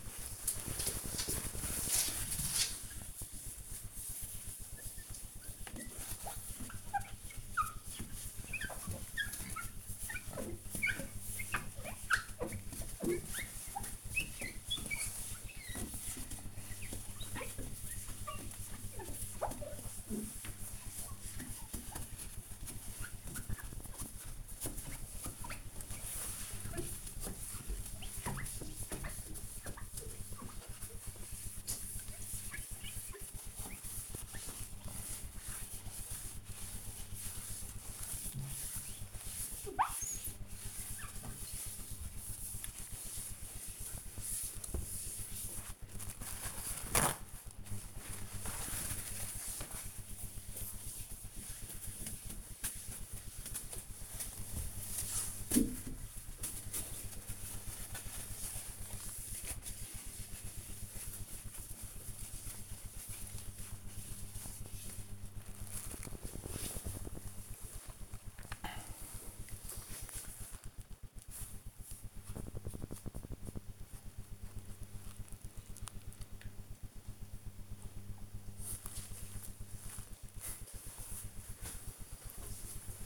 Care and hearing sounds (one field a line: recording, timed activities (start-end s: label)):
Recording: household activities, microphone on the right wrist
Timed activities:
0.00-66.10 s: window cleaning